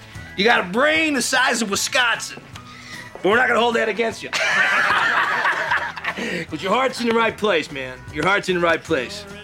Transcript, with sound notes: you got a brain the size of Wisconsin, but we're not going to hold that against you. (LAUGHTER) But your heart's in the right place, man. Your heart's in the right place.